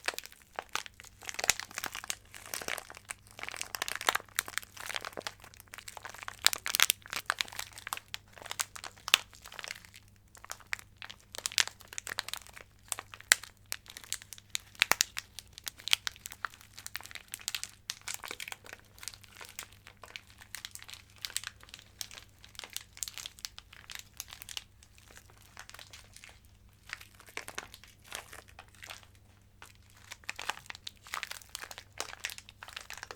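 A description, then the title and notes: Crinkling sounds made up of dense, irregular bursts of bright crackling that come in quick clusters with brief pauses, the busiest stretches near the start and around the middle. A faint steady low hum runs underneath throughout. Ear-To-Ear Crinkling Sounds.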